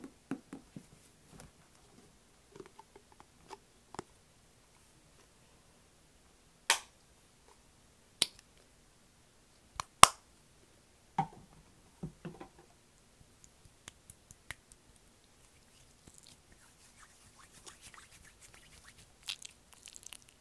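Slow, gentle triggers: sparse soft taps and crisp clicks, sharper ones near the middle, with faint rustling toward the end.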